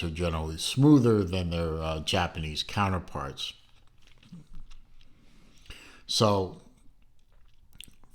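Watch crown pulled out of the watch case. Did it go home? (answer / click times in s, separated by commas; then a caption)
released / 7.8 s. Someone talks as the screw-down crown of a steel Epos 3504 Diver watch is unscrewed and pulled out of the case, with faint small ticks along the way. A sharp click at 7.8 s marks the crown releasing to its first position, the date-setting detent.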